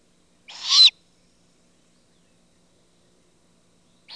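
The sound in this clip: Great horned owl juvenile giving a harsh, hissing screech that swells in loudness over about half a second, then long silence before a second screech begins at the very end.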